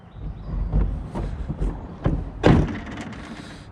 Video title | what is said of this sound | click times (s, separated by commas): Toyota Tacoma gets DECKED Drawers | that little clunk seeds the drawer so that you can't shut it | 2.1 s, 2.5 s